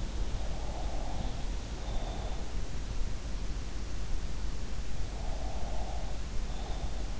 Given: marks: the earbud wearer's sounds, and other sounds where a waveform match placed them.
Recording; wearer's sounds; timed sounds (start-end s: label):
sounds in sleep by an in-ear microphone; breath
0.37-2.65 s: breath
5.10-7.20 s: breath